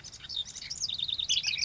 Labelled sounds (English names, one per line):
House Wren